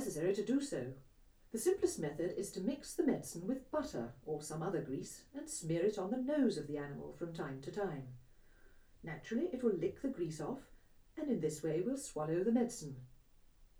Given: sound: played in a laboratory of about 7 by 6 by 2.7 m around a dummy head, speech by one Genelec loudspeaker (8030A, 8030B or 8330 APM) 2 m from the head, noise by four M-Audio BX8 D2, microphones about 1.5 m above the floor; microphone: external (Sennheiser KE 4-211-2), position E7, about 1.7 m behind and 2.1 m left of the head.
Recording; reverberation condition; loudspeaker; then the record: female speech in English; low; 150 degrees to the right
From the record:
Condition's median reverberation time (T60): about 310 ms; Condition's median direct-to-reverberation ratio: about 3.5 dB